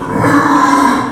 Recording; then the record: squeal of a Yucatan mini pig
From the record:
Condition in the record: after surgery on the right vocal fold (resection and tissue-engineered implant); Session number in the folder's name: 4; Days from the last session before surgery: 26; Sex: female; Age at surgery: 19 weeks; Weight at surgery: 25 kg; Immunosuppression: prednisolone